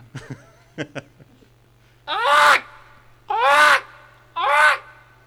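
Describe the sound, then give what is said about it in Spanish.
A person imitates a fox with three loud, harsh, yelping barks, evenly spaced, each rising and falling in pitch, after a few soft clicks and taps at the start. “A ver, hace el zorro.”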